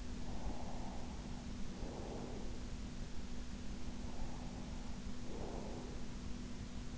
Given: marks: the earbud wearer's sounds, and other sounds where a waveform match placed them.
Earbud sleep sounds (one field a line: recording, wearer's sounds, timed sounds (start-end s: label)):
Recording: sounds in sleep by an in-ear microphone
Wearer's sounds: breath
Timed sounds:
0.00-2.77 s: breath
3.61-6.39 s: breath